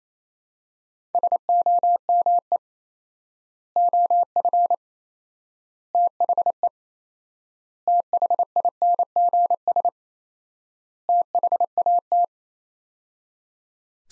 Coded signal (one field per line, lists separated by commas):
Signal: Morse code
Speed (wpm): 28 wpm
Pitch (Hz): 700 Hz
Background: none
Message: SOME OF THE THINGS THAT